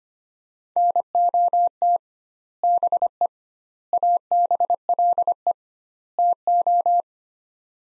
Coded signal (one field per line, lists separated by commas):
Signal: Morse code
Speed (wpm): 25 wpm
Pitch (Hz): 700 Hz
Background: none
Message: NOT BE ABLE TO